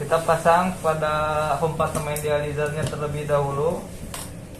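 A dialyzer is pushed into its holder compartment on a Renal Pro reuse machine, a dialyzer reprocessing machine, while someone talks. A short, sharp click is heard at 4.1 s as the dialyzer seats in the holder.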